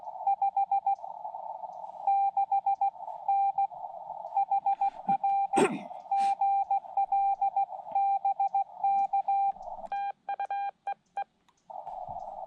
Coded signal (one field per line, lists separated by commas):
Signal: Morse code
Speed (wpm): 17 wpm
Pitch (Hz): 790 Hz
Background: radio noise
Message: 56N HR GL BK TU EE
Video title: Xiegu X5105 – What Happened To Its Built-In CW Keyer?